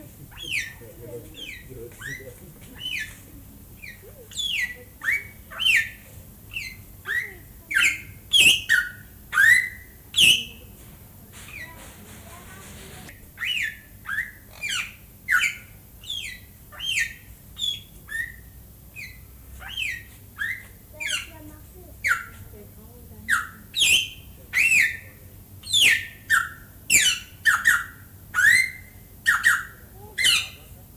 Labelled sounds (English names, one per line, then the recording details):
Greater Vasa Parrot call
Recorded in captivity
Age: adult
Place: Zoo Berlin, Berlin, DE
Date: 2008-08-18 18:10
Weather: bedeckt, ca. 22°C
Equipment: Sony WM-D6C, Sennheiser ME 80, Kopie Uher 4000 Report Monitor
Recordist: Tembrock, Günter